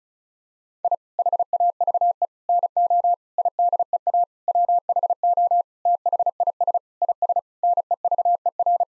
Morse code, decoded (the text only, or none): I HAVE NO IDEA WHO THIS IS NEVER